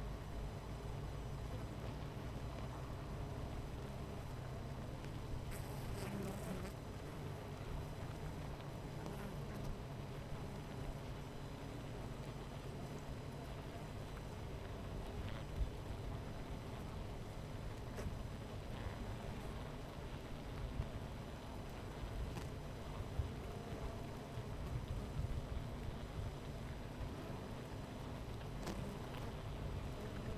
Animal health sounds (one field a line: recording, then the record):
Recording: honeybee colony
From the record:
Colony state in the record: missing queen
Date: 14 July 2017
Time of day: 10:48